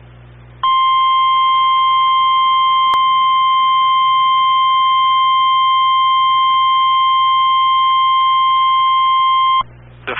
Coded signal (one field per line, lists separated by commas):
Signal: Emergency Alert System (SAME) tones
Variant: 1050 Hz attention tone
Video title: EAS #225 - Flash Flood Warning